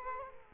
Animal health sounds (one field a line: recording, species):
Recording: mosquito wingbeat signal from an infrared sensor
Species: Culex quinquefasciatus